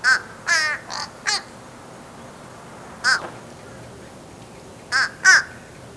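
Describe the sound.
Crow giving rough caws: a cluster of four at the start, one alone near the middle, and a pair near the end.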